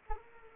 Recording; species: mosquito wingbeat signal from an infrared sensor; Anopheles arabiensis